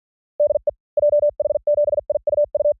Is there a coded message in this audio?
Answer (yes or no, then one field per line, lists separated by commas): yes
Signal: Morse code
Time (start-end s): 0.4-2.7 s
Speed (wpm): 48 wpm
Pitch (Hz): 590 Hz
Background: none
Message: DE JH7IUU